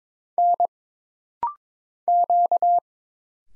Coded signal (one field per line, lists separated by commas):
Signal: Morse code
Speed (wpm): 22 wpm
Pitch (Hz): 700 Hz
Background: none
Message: N Q